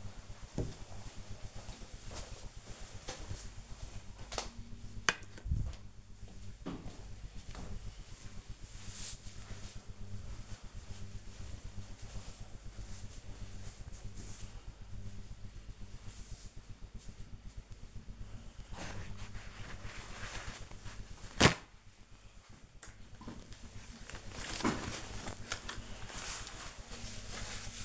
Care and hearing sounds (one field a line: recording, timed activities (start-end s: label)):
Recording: household activities, microphone on the right wrist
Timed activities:
18.65-27.85 s: window cleaning